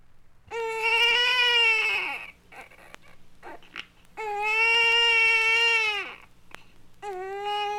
Baby crying.